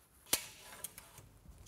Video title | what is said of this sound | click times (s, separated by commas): Ultimate Carousel Installation Guide | go on with a nice click there | 0.3 s